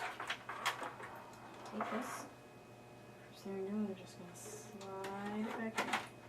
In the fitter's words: Most of the time you hear a click just like that.